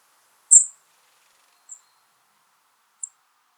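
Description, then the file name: European robin calls: one drawn-out high thin note followed by two shorter, fainter high notes about a second apart. "Erithacus rubecula"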